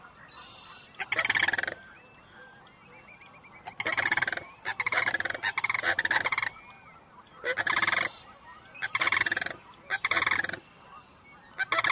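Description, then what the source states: Sandhill cranes calling in repeated rattling, purring bugles in several bursts, with faint higher bird notes between. Sandhill cranes returning in fall to their winter home in the Sacramento region, coming home to roost as the sun sets over Mount Diablo.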